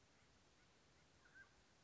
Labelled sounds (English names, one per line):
Mountain Quail